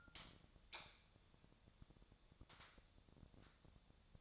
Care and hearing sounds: daily activity, microphone in the room; light on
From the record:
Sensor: 3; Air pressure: 1000.0 hPa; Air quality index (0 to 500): 123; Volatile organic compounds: 2 ppm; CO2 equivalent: 1100 ppm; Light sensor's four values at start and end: 39/98/42/46 and 41/106/45/49

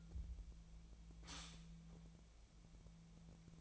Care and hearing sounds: daily activity, microphone in the room; stop toaster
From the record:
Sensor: 1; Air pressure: 1009.4 hPa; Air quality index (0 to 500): 195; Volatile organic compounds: 19 ppm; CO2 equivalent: 2669 ppm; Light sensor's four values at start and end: 28/71/30/35 and 28/71/29/35

